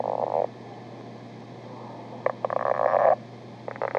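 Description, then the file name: Lowland leopard frog giving pulsed, grating croaks: a short burst, a pause, then a longer rattling run and another brief burst near the end. "ryavapaiensistu"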